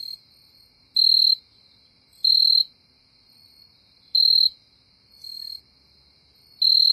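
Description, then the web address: Jumping bush cricket song: short, clear, high chirps, loud ones about every two seconds with a fainter one between, over a quiet background. Insect song, North America. "Songs of Insects. Jumping Bush Cricket"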